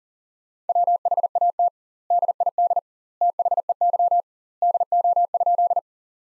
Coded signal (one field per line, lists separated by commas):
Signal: Morse code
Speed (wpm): 40 wpm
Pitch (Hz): 700 Hz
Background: none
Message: WHAT DID THEY DO?